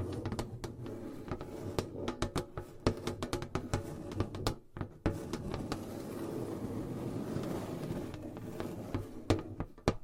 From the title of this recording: Gentle Tapping & Scratching